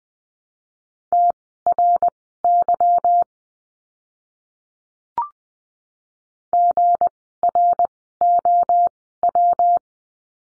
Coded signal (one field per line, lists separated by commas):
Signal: Morse code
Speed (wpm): 20 wpm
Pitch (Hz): 700 Hz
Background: none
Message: TRY GROW